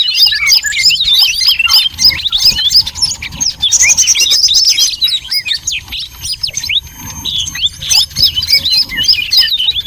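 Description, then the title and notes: Many birds calling at once, bright chirping notes repeated several times a second in an unbroken, restless chatter. Noisy bird chorus used as a lure to attract birds. "Master Burung Ribut Durasi Panjang. Burung Ribut Pikat"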